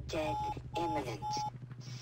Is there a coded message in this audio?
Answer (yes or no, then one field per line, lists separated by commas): no